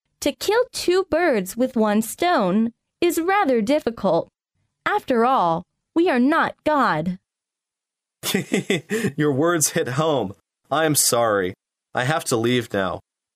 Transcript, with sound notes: To kill two birds with one stone is rather difficult. After all, we are not god.
(giggle) Your words hit home. I am sorry. I have to leave now.